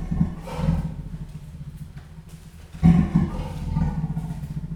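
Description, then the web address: Leopard making low, rough grunting roars, a run at the start and a louder series of rasping calls in the second half. Captive leopard at a zoo in Jászberény, recorded in 2015 at a first meeting. "allathangok jaszberenyizoo 2015. leopard elsotalalkozas"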